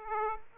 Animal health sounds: mosquito wingbeat signal from an infrared sensor; Aedes aegypti

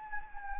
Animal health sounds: mosquito wingbeat signal from an infrared sensor; Anopheles gambiae

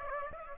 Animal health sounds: mosquito wingbeat signal from an infrared sensor; Aedes aegypti

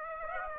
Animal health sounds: mosquito wingbeat signal from an infrared sensor; Aedes aegypti

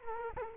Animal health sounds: mosquito wingbeat signal from an infrared sensor; Culex quinquefasciatus

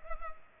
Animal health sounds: mosquito wingbeat signal from an infrared sensor; Culex pipiens

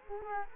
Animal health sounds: mosquito wingbeat signal from an infrared sensor; Culex quinquefasciatus

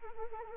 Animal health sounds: mosquito wingbeat signal from an infrared sensor; Anopheles arabiensis

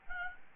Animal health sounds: mosquito wingbeat signal from an infrared sensor; Aedes albopictus

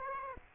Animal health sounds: mosquito wingbeat signal from an infrared sensor; Aedes aegypti

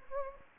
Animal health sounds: mosquito wingbeat signal from an infrared sensor; Anopheles gambiae

